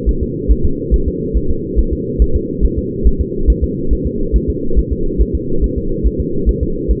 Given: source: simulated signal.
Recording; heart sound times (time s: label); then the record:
fetal heart sounds
0.09 s: S1
0.23 s: S2
0.51 s: S1
0.65 s: S2
0.94 s: S1
1.08 s: S2
1.37 s: S1
1.51 s: S2
1.79 s: S1
1.93 s: S2
2.22 s: S1
2.36 s: S2
2.65 s: S1
2.78 s: S2
3.07 s: S1
3.21 s: S2
3.50 s: S1
3.64 s: S2
3.93 s: S1
4.07 s: S2
4.36 s: S1
4.50 s: S2
4.79 s: S1
4.93 s: S2
5.21 s: S1
5.35 s: S2
5.64 s: S1
5.78 s: S2
6.07 s: S1
6.20 s: S2
6.49 s: S1
6.63 s: S2
6.91 s: S1
From the record:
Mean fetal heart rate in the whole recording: 140 bpm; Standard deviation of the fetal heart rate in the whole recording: 2 bpm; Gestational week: 34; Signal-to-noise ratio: -8.1 dB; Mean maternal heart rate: 72 bpm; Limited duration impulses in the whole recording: absent